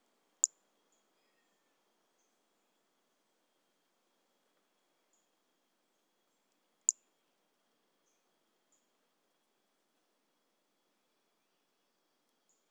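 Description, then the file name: Toadlet calling with two sharp, high clicky notes several seconds apart and a few faint ticks scattered throughout, otherwise quiet. Recorded on 18 January 2018; specimen collected. "Brachycephalus mirissimus. A E Confetti"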